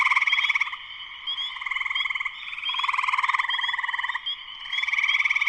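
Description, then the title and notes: Spring peepers calling in a thick chorus, sharp upslurred peeps layered over throbbing, pulsing trills that rise and drop in loudness. Full chorus shortly after sunset, Sleeping Bear Dunes National Lakeshore, northern Michigan, USA. "Spring peepers (chorus frogs) in full chorus shortly after sunset in the Sleeping Bear Dunes National Lakeshore in northern Michigan, USA. Recorded by Darrin Wassom. Music for Sleep"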